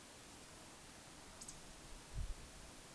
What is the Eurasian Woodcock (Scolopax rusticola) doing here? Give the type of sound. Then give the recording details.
whistle. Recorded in Baden-Württemberg, Germany, on 26 May 2020 at 19:58 UTC. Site 45304, 487 m above sea level